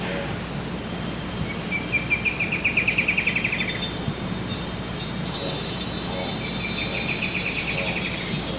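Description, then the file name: Bird trilled call: a rapid, rattling run of high notes that swells and fades, then a second, softer trill, with a high insect-like hiss in the background. "SABIOD bird"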